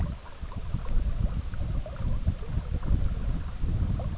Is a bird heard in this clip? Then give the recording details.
no. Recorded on Arctic tundra, site EABA-MC, on 17 June 2019. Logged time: 04:00